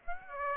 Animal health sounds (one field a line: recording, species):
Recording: mosquito wingbeat signal from an infrared sensor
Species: Aedes aegypti